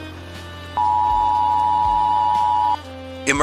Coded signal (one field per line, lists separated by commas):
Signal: Emergency Alert System (SAME) tones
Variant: 853 and 960 Hz attention tone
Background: speech, music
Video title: U.S. Retaliates in WW3 Attack | EAS Fictional Alert Broadcast